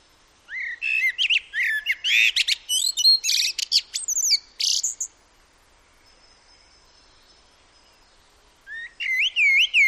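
Common blackbird singing a rich, fluty phrase of varied whistles with a high twittery ending, then a long pause before the next warbled phrase begins.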